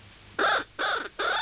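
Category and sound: bird, crow cawing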